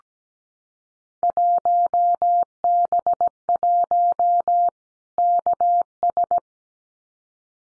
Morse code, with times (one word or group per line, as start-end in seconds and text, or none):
1.2-4.7 1B1
5.2-6.4 KS